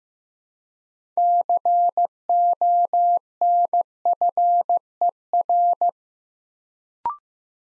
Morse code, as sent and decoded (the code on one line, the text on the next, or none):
-.-. --- -. ..-. . .-.
CONFER